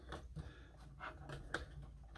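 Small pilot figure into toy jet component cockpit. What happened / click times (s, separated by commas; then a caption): The small plastic figure snapped into its seat / 1.5 s. A small plastic pilot figure is positioned in the jet cockpit of a transforming robot toy and pressed in, with soft handling rustles over a low steady hum. A single sharp snap at 1.6 s marks the figure seating in place.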